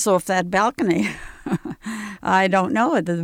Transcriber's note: she laughs